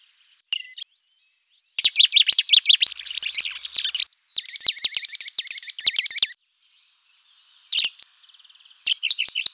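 Bird song in bursts of rapid, high chirping notes, some scratchy and some trilled, broken by short pauses.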